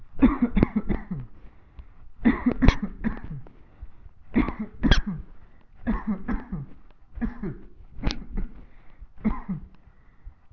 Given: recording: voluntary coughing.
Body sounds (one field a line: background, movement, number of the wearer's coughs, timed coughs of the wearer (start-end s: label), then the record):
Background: quiet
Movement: walking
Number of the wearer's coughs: 14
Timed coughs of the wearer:
0.19-0.54 s: cough
0.54-0.87 s: cough
0.87-1.29 s: cough
2.22-2.60 s: cough
2.59-3.02 s: cough
3.01-3.49 s: cough
4.33-4.76 s: cough
4.81-5.26 s: cough
5.84-6.27 s: cough
6.26-6.71 s: cough
7.19-7.59 s: cough
8.02-8.26 s: cough
8.26-8.64 s: cough
9.22-9.62 s: cough
From the record:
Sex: male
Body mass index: 20.5 kg/m2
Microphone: on the chest, facing the body